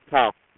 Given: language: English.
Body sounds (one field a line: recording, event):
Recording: throat vibration sensor signal played as sound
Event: speech